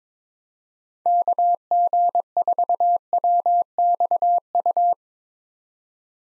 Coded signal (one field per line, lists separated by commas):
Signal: Morse code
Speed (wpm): 22 wpm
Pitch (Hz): 700 Hz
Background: none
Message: KG4WXU